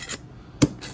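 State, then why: Seated. A metal fork seal retainer clip is worked into the groove above the seal in the fork slider tube of a Honda CB160 motorcycle, with short rasping scrapes near the start and end. A sharp click at 0.6 s marks the clip snapping fully home, seated all the way around after some persuasion.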